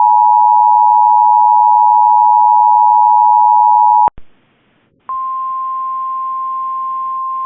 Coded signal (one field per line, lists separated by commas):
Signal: Emergency Alert System (SAME) tones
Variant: 853 and 960 Hz attention tone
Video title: Severe Thunderstorm Warning EAS (Cox) 8/17/2024